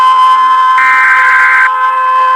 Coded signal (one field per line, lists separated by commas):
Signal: Emergency Alert System (SAME) tones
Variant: header bursts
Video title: Falkland islands EAS Alarm (oversea territory by UK)